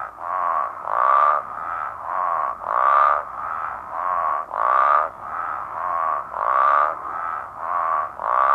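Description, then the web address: Great Basin spadefoot giving harsh, grating snore-like calls, alternating louder and softer notes. North America. "Songs of Frogs Toads of North America -Great Basin Spadefoot"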